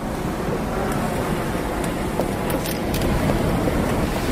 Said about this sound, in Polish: Tak brzmi wschodnie wybrzeże Morza Śródziemnego i to wybrzeże zresztą już nie jest osamotnione, można by rzec, bo od brzasku pojawiają się na nim choćby surferzy korzystający z wiatru, fal, no i braku tłoku jeszcze.